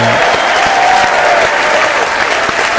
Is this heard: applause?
yes